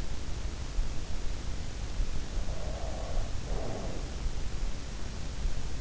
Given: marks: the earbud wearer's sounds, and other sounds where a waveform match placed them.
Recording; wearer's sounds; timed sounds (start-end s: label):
sounds in sleep by an in-ear microphone; breath
2.25-4.57 s: breath